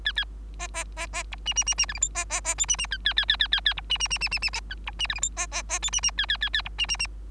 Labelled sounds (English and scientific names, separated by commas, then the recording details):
Bengalese Finch (Lonchura striata domestica) song
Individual Bird3